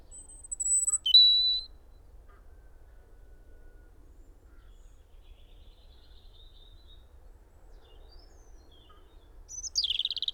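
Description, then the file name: European robin singing thin, very high drawn-out whistles and a sharp steady note early on, a long quiet gap, then a fluttering descending phrase at the close. "Erithacus rubecula"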